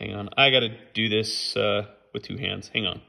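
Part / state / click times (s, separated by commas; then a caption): LED headlight bulb connector into factory harness connector / not seated / none. Someone talks while getting two hands on a Beamtech LED headlight bulb's plastic connector to push it into the factory harness connector on a 2021 Ski-Doo 850 Turbo, since it takes more force than one hand can manage. Only speech and faint handling are heard, and nothing has seated or clicked yet.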